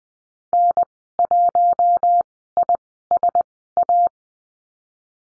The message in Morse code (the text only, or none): N1ISA